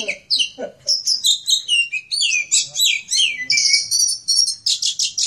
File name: kicauan kacer raja rimba milik om khadafi omkicau